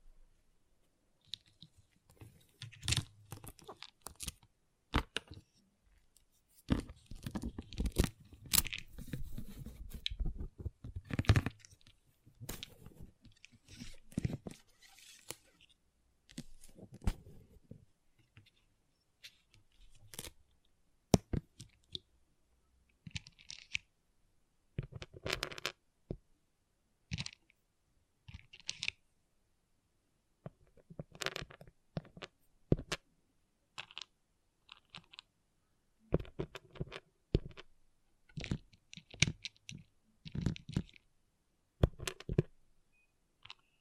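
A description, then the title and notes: Small plastic pixel art beads click and rattle in irregular bursts, with a denser, rustling stretch early on, then scattered sharp taps and pauses. ASMR Relaxing Pixel Art Beads ( No Talking).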